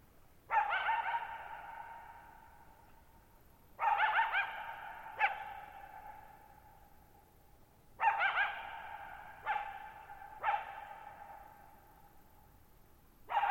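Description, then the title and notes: Coyote barking repeatedly, single and doubled harsh barks with long echoing decay. Lone coyote vocalizing at night, July 14, 2019, shallow bowl-shaped meadow, Thirtymile Meadows, Okanogan National Forest, Okanogan High Country, Pacific Northwest, 6400 ft (1950 m), high dry plateau. "Lone Coyote at Thirtymile Meadows. I spent the night of July 14, 2019, camped near Thirtymile Meadows in the Okanogan National Forest at 6400 ft (1950 m)"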